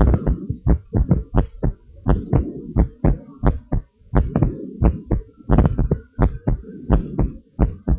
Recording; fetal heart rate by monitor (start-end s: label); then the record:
heart sounds of a pregnant woman by stethoscope
no fetal heartbeat
From the record:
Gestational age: 38 weeks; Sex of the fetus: boy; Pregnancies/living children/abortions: 2/0/1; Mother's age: 28 years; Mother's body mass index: 33.5